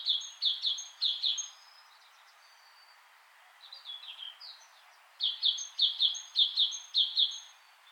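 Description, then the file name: Great tit calling, clipped high notes in quick repeated runs at the start and end, with softer varied notes between, faint background noise. "Parus major"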